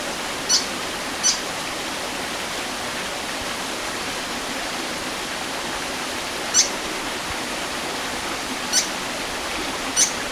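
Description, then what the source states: White-throated fantail giving short, high, squeaky call notes, five sparse chips scattered over ten seconds, over loud steady rushing water. Recorded at Mesilau, Kinabalu, Borneo, on 14 August 2009.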